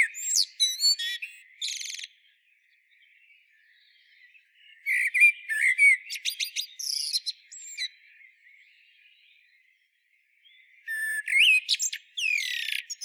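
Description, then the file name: Eurasian blackbird delivering three separate song phrases, each with mellow whistled notes and a shrill, scratchy twittered ending, with short silences between. "Turdus merula"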